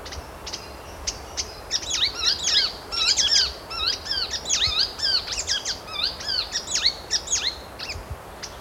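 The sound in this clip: Blue-capped ifrit giving a rapid, chattering run of high, squeaky, down-slurred notes that builds and then thins out toward the end, with faint background hiss.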